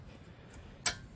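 A new metal brake pad abutment clip is pressed into the caliper bracket of a 2006 Scion xB during a front brake replacement. After a low background hush, a single sharp metallic snap rings out at 0.9 seconds. The clip seats in place, with one side done.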